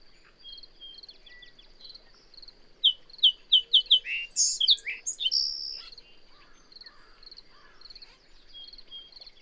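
Bird song rising out of steady high insect-like background hiss: a burst of quick descending notes and bright whistles lasting a few seconds, then fading back.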